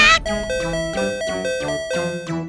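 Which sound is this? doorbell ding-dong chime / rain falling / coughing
doorbell ding-dong chime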